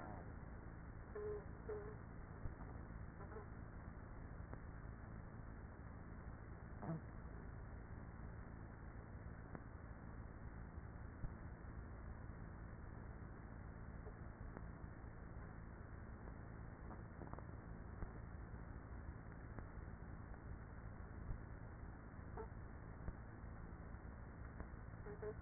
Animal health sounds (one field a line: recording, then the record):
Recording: honeybee colony, microphone inside the hive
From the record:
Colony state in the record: queenless with a low population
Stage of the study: after two queens were removed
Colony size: about 30,000 bees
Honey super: no